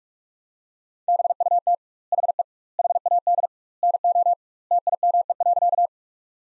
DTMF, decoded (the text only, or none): none